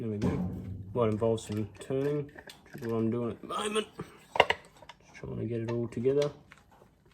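Someone talks while working the end housing and brush assembly of a Massey Ferguson 135 tractor dynamo back together over the armature and body, turning it to get it all together during reassembly. Brief sharp handling ticks come near 4.4 and 4.5 seconds between the speech. The housing has not yet gone home or clicked into place.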